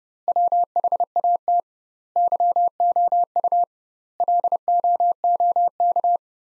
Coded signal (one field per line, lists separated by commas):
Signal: Morse code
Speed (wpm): 32 wpm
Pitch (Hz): 700 Hz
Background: none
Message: WHAT YOU LOOK